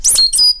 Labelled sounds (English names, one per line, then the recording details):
Stitchbird song
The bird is a male
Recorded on Tiritiri Matangi Island, New Zealand, in 2005
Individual 17, of nest box 25